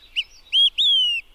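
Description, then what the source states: Olive-sided Flycatcher song: a soft short note, a rising whistle, then a long clear descending whistle, three notes in about a second. The quick-three-beers call, described as telltale.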